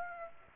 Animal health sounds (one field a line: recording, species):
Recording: mosquito wingbeat signal from an infrared sensor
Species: Aedes aegypti